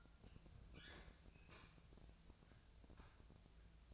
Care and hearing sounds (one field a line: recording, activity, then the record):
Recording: daily activity, microphone in the room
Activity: open fridge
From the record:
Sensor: 2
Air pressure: 999.9 hPa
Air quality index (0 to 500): 125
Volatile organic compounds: 2 ppm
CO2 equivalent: 1073 ppm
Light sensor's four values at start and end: 33/82/35/39 and 33/81/35/39